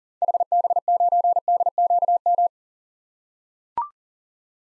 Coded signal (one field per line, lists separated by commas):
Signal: Morse code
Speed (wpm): 40 wpm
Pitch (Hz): 700 Hz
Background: none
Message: HB9DQM